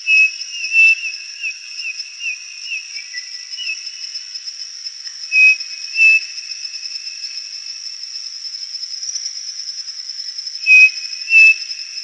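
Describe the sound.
Bird delivering a quick series of short whistled notes, then pairs of clear whistles repeated twice later, above a constant high-pitched tone.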